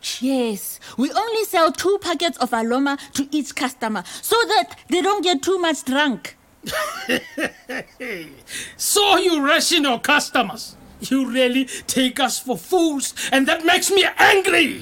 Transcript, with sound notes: We only sell two packets of aloma to each customer so they can’t get too drunk.
(Laughs mockingly) You ration your customers? You really take us for fools and that makes me angry.